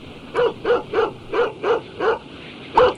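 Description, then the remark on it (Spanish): A dog barks seven times in a steady, evenly spaced rhythm, each bark a short mid-pitched yap, with the final bark slightly louder and sharper after a brief pause. “Los perros se mueven, lo percibo, lo sueño.”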